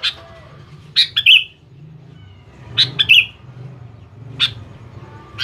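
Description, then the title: Sooty-headed bulbul song of loud, sharp chirps, singly or in short bursts of two or three, at intervals against a low background hum. "Kutilang"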